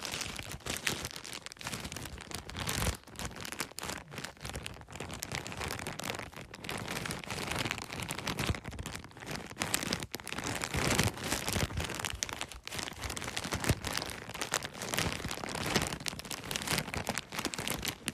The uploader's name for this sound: Crinkling Bag